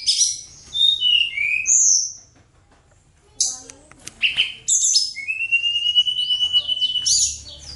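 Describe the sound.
Bird song with a burst of high slurred chirps, a quiet gap, then a lively phrase including a long, nearly steady whistle.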